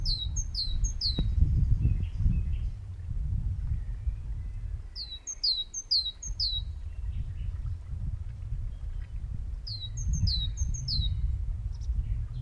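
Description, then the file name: Great tit repeats short bursts of ringing two-note phrases, falling in pitch, about every five seconds over a deep background rumble. "Parus major"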